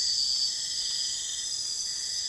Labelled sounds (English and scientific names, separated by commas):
none